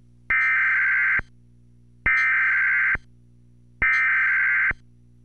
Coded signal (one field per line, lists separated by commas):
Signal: Emergency Alert System (SAME) tones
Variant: header bursts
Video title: (EAS YTP) High wind wind high watch high watch wind watch